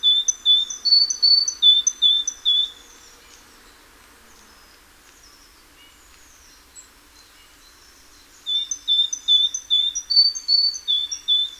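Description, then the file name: Great tit singing repeated two-note whistled phrases, high then low, in a fast bout, falling silent for about six seconds, then resuming the same ringing pattern. "Parus major"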